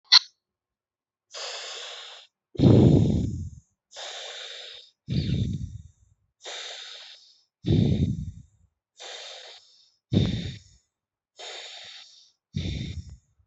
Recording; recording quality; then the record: deep breathing; excellent, no background noise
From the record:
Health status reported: healthy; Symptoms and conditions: none ticked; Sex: male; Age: 21 years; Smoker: not ticked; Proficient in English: no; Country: India